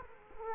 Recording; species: mosquito wingbeat signal from an infrared sensor; Culex quinquefasciatus